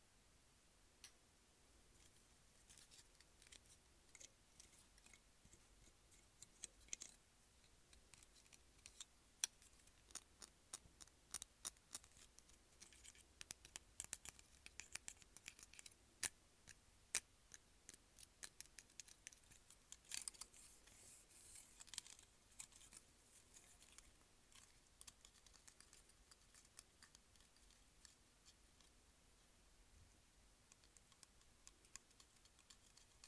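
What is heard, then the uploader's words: Hair clips are handled and snapped, giving a steady run of crisp, bright clicks and ticks for the whole stretch. The clicks come in irregular clusters, sometimes rapid, sometimes spaced, over a faint low hum that stays constant underneath. ASMR Hair Clip.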